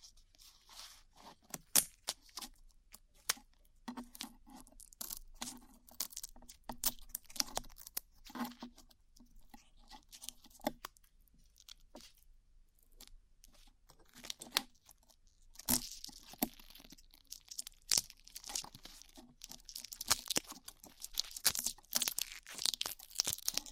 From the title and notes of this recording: ASMR Peeling Glue Off Your Ears (No Talking).